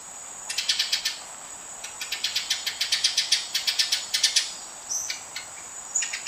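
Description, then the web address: Ochre-breasted Tanager chattering calls, a rapid run of harsh clicking notes lasting several seconds, over a steady high whine. Ecuador. "Natures Songs S America Birds of Ecuador Ochre-breasted Tanager"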